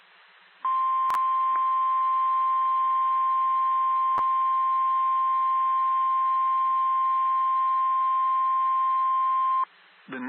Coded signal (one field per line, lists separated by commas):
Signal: Emergency Alert System (SAME) tones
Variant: 1050 Hz attention tone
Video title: 2 Severe Thunderstorm Warning Tennessee Double Header EAS WXK 46 Knoxville TN 8/17/26